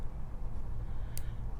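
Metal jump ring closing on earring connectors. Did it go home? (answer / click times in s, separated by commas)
yes / 1.2 s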